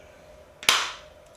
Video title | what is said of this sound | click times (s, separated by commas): 2016~2019 Hyundai Tucson Door Handle Replacement - If your handles are painted watch this video. | snapped right into place | 0.7 s